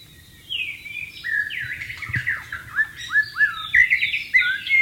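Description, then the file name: White-rumped shama song: descending whistled slurs followed by a lively sequence of quick, bright warbling notes. "suara burung murai batu di alam liar"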